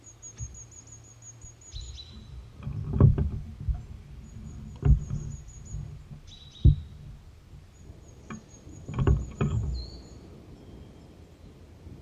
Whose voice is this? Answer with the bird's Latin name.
Regulus ignicapilla